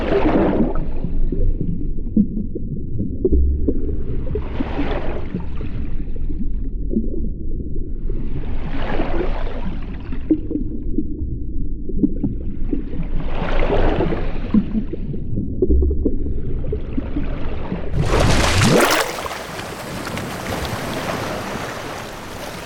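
A sea soundscape built from water sounds: a dense, low churning rumble runs steadily underneath, with brighter washing swells rising about every four to five seconds. Near eighteen seconds a sharp rising whoosh cuts in, leaving a thinner hiss and low murmur afterward.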